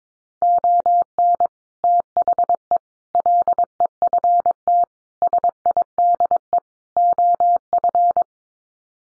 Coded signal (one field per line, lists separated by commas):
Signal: Morse code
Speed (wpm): 22 wpm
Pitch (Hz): 700 Hz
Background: none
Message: ON THE LEFT SIDE OF